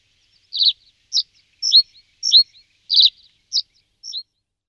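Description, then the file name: Reed bunting song: short, clean phrases of buzzy, trilled chirps and downslurred notes, about seven separated notes in under five seconds, with no other sounds. "migliarino di palude"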